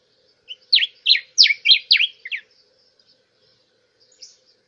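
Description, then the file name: Diuca finch singing one quick phrase, a short whistle then several sharp downslurred notes, then quiet apart from a faint high chirp a moment later. "Canto da diuca"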